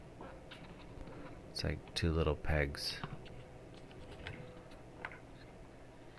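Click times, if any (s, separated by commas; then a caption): 4.3 s, 5.0 s. A rubber plug for the rear window weather stripping on an R52/R57 Mini Cooper Convertible is pressed by its two small pegs into the mounting holes in the rear window trim, during a rear window regulator repair. Someone talks early on, then two sharp pops are heard at 4.3 s and 5.1 s as each peg snaps in. The plug is seated.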